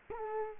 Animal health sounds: mosquito wingbeat signal from an infrared sensor; Culex quinquefasciatus

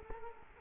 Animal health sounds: mosquito wingbeat signal from an infrared sensor; Culex quinquefasciatus

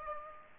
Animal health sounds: mosquito wingbeat signal from an infrared sensor; Aedes aegypti

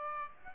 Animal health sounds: mosquito wingbeat signal from an infrared sensor; Aedes aegypti

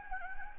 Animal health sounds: mosquito wingbeat signal from an infrared sensor; Anopheles gambiae

